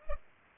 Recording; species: mosquito wingbeat signal from an infrared sensor; Culex pipiens